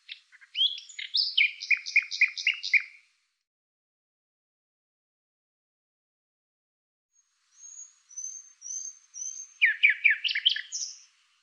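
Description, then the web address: Bird song: a fast run of repeated chirping notes for about three seconds, a pause, then high thin whistles followed by another burst of rapid chirps. "Deverinetal 2025"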